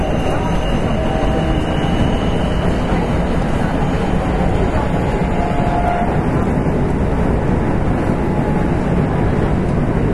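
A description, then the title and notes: A Kintetsu 7000 series train runs with a steady, dense low rumble that holds level for the whole stretch. Faint whining tones drift above it, one brief brighter whine rising near the six-second mark, and a muffled voice may sit underneath. 近鉄7000系(初期GTO) コスモスクエアから生駒まで. 近畿日本鉄道 7000系電車の走行音. 直通列車で録音しました。 Running sound of the Kintetsu Railway 7000 series train.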